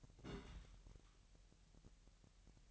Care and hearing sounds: daily activity, microphone in the room; place on stove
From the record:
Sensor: 3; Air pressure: 1001.9 hPa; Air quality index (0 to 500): 248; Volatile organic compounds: 51 ppm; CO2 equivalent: 3308 ppm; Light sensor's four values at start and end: 6/15/6/6 and 6/15/6/6

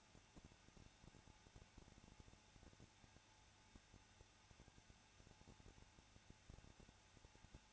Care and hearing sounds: daily activity, microphone in the room; no activity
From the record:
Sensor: 2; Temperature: 21.0 degrees Celsius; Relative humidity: 34.2%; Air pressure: 994.4 hPa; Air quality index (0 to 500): 171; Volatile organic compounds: 3 ppm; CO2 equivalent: 1328 ppm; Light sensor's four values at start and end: 2/3/2/2 and 2/3/2/2

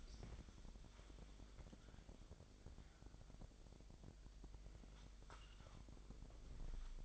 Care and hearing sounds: daily activity, microphone in the room; wipe stove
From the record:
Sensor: 5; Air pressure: 1001.8 hPa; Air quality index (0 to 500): 180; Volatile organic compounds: 11 ppm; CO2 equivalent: 2301 ppm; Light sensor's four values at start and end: 24/83/31/32 and 24/80/30/31

